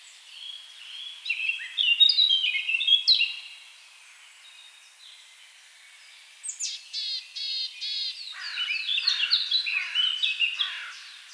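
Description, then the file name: Eurasian blackcap song: rapid warbled phrases in a loud opening burst, a brief lull, then another long, lively run of chattering and fluty notes. "Sylvia atricapilla"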